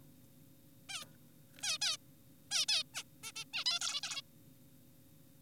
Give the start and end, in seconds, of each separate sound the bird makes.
0.89-1.04, 1.63-1.78, 1.82-1.97, 2.51-2.66, 2.69-2.83, 2.94-3.03, 3.24-3.32, 3.36-3.44, 3.54-3.64, 3.66-3.80, 3.81-4.01, 4.03-4.22